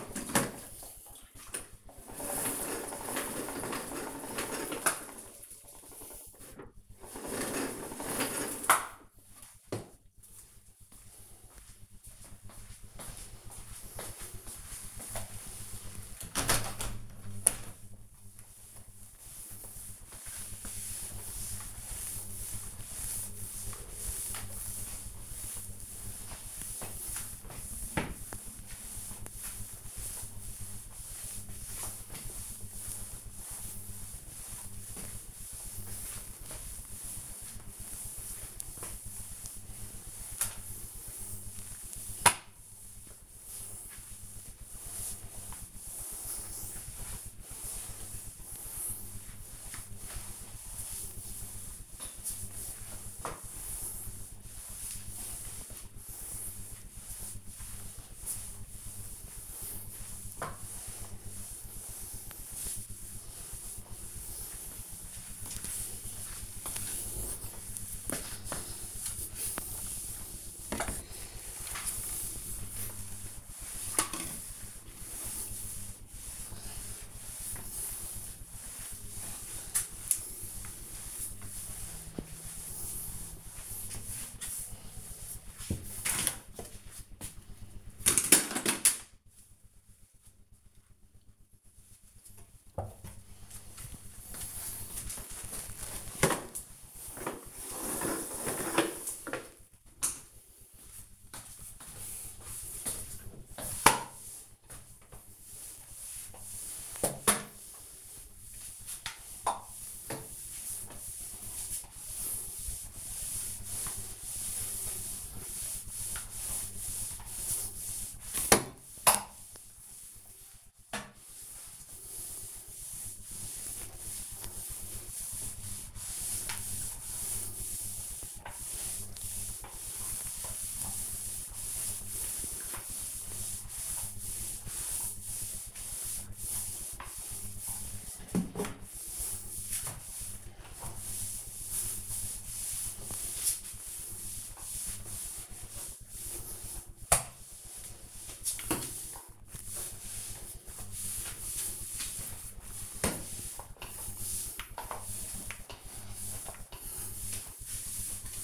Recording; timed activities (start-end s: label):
household activities, microphone on the right wrist
0.42-86.00 s: floor cleaning
96.08-158.44 s: floor cleaning